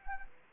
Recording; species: mosquito wingbeat signal from an infrared sensor; Anopheles arabiensis